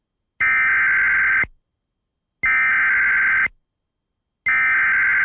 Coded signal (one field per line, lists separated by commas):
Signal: Emergency Alert System (SAME) tones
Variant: header bursts